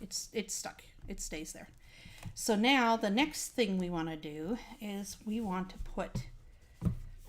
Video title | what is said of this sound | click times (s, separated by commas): Let's Create Live - TBD | See how it clicked into place? | 6.8 s